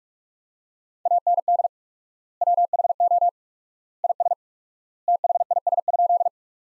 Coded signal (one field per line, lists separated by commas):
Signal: Morse code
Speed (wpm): 46 wpm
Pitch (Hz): 700 Hz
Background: none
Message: AND WHO IS THIS?